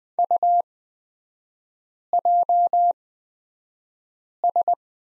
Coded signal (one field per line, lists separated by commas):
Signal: Morse code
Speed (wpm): 20 wpm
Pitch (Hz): 700 Hz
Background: none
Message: UJS